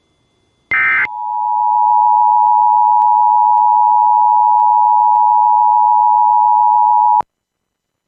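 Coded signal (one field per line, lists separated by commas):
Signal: Emergency Alert System (SAME) tones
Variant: 853 and 960 Hz attention tone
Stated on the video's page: Two weekly tests, two monthly tests and one administrative message.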